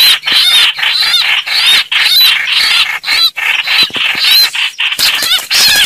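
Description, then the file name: Red-whiskered bulbul giving harsh, scratchy scolding notes in a steady stream, with a few brighter whistled notes laid over the rasping. Distress call, a bird calling for help. "Tieng trao trao keu cuu"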